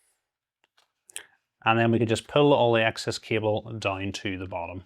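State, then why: Seated. A 12V 2x6 power cable connector is lined up with a graphics card's power socket and pushed into place, giving two sharp clicks at 1.1 and 1.2 seconds as it seats. Faint small taps come just before. Someone then talks.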